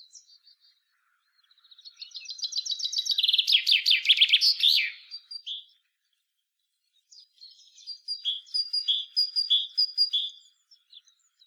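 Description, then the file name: Common chaffinch song: a cascading phrase of rapid notes descending to a terminal flourish, then a second series of evenly spaced clear notes a few seconds later. "Fringilla coelebs"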